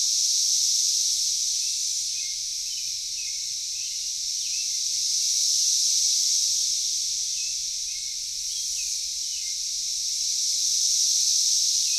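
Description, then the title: Cicadas in a pulsing high chorus that surges and fades in slow waves, with scattered faint short chirps in the background. Cicadas calling in a backyard in Knoxville, Tennessee, USA. "3619 Alpine Dr SE, Knoxville, TN 37920, USA - Backyard Cicadas"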